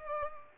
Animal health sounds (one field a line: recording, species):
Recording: mosquito wingbeat signal from an infrared sensor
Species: Culex pipiens